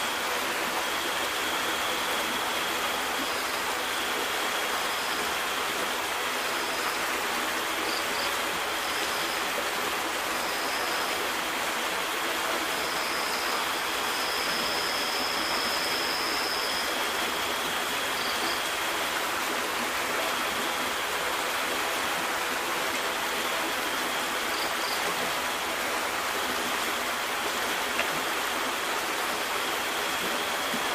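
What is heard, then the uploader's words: A river rushes along in a steady, dense wash of water that never lets up for the whole stretch. The sound is bright and hissing, with little low rumble, and faint thin whistling tones drift in and out above it now and then. Tranquil Relaxing River Sound. Tranquil and relaxing river nature sound.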